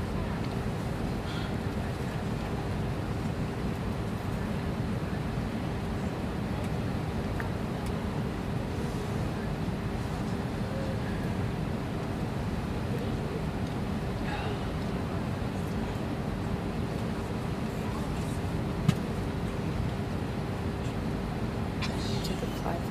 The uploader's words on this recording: Full Flight From Ft.Lauderdale To Cancun. Talking Sounds, White Noise, Plane Sounds, Flight Sounds, Flight Announcements, Chatting, Engine Sounds, Mechanical Sounds.